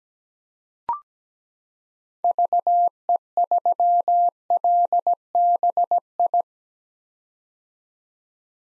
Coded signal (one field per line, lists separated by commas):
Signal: Morse code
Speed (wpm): 17 wpm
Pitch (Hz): 700 Hz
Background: none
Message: VE3LBI